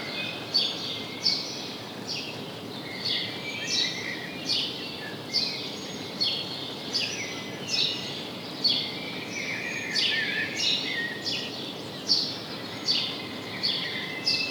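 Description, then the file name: House sparrow chirping, a run of clipped bright notes coming irregularly, some overlapping, over a constant low hiss. "Passer domesticus"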